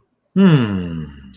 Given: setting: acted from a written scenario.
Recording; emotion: vocal sound without words; contentment